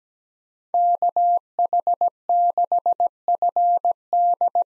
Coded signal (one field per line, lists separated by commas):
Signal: Morse code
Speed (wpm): 17 wpm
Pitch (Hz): 700 Hz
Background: none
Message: KH6FD